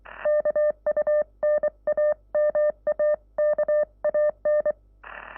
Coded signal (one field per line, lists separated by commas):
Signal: Morse code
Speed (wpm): 23 wpm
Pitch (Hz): 600 Hz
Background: none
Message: KUNAMAKAN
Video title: Playing Morse Code with 4 peddal keys right and left hand de YB1JCD